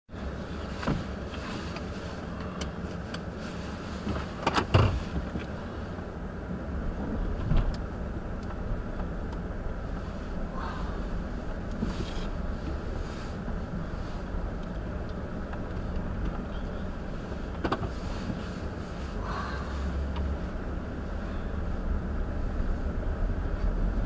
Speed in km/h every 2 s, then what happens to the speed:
0, 0, 0, 0, 0, 0, 0, 0, 0, 0, 0, 11.
0-20 standing. 20-24 pulls away to 11.